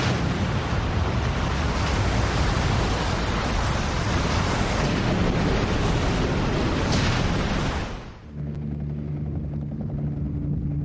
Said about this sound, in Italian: Poi un'onda d'acqua alta come una montagna.